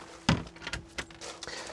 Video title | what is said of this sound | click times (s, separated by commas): Autocruise Jazz Handover Video | the mix and then lock it back into position firmly with a nice solid click | 0.3 s